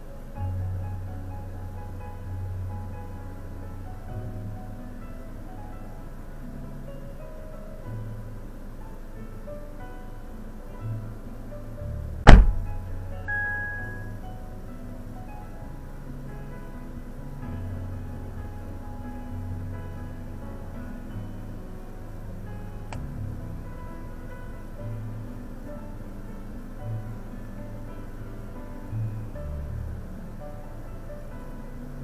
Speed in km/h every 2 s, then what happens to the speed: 0, 0, 0, 0, 0, 0, 0, 0, 0, 0, 0, 0, 0, 0, 0, 0.
0-32 standing.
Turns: none.